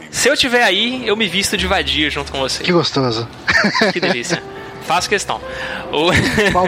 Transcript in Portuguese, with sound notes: Se eu tiver aí, eu me visto de vadia junto com vocês.
Que gostoso. [risos]
Que delícia. Faço questão. O…